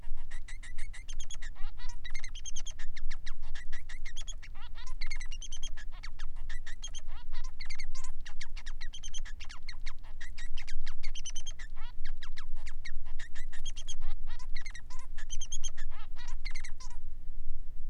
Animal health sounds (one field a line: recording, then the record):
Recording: song of a male Bengalese finch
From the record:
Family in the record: son of father 3